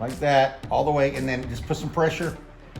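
A plastic Rain-X wiper blade adapter is slid up onto the metal J-hook wiper arm of a Hyundai Santa Fe and pressure is applied, while someone talks throughout. Nothing has snapped or seated yet by the end of the clip.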